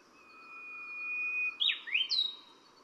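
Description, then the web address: Brownish-flanked bush warbler song with a drawn-out pure whistle followed by an abrupt, explosive warbling phrase of several quick notes, over faint background hiss. Recorded at Yushan. "小鶯 Yushan"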